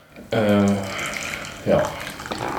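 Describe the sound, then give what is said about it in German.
Tea is poured into a cup in a steady, splashing stream whose tone rises as the cup fills. A fresh gush of liquid starts partway through. “Das berühmte Tee-Tropfen, das man schon aus Warhammer kennt.”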